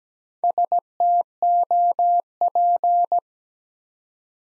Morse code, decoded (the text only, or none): STOP